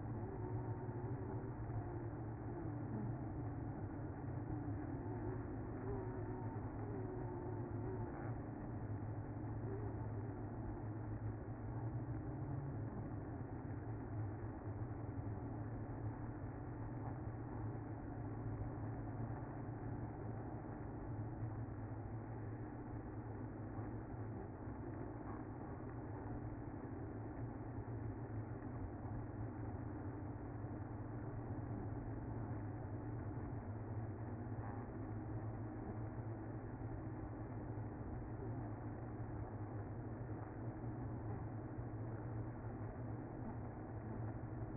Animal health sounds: honeybee colony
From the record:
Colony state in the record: active

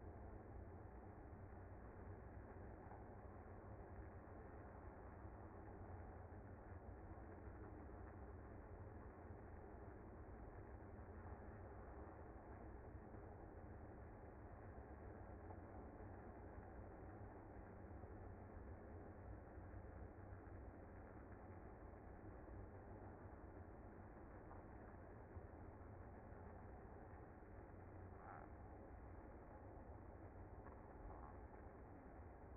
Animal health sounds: honeybee colony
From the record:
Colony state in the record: active

